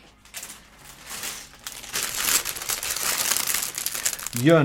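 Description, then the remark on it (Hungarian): The third and last plastic bag of parts crinkles and rustles as it is opened during a build, in irregular crackly bursts that grow louder and denser, with a voice briefly starting to speak at the very end. “Jön az a harmadik és egyen utolsó zacskó, amiből hát nagyon meglepő módon a balszán fog megépülni.”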